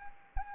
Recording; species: mosquito wingbeat signal from an infrared sensor; Anopheles arabiensis